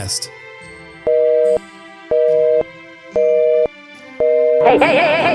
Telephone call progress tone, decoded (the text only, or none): busy tone